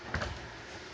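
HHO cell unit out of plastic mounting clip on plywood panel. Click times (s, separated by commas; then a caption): 0.1 s. An HHO cell unit is pulled out of its plastic mounting clip on a plywood panel, releasing with a short, sharp pop at 0.1 s. A second, softer knock follows around 0.2 s. The unit comes free of the clip.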